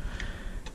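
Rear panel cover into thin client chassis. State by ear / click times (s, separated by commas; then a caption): seated / 0.2 s, 0.7 s. The rear I/O panel cover of an HP T620 Plus thin client is slid into the chassis, two prongs first, then pressed home. Two short, bright clicks are heard at 0.2 s and 0.7 s, and the panel snaps into place and is seated.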